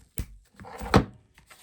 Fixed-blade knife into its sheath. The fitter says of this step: snaps right in it's not getting loose you're gonna have to get this thing out yourself sort of thing